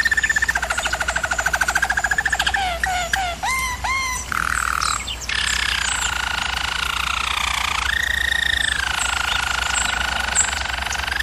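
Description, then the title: German Roller canary song: rapid pulsed rolling trills, low liquid tours and swooping whistles, shifting between phrases with little pause; steady low hum underneath. Canary training recording of German Roller canary song. "German Roller Canary Singing - Canary Training"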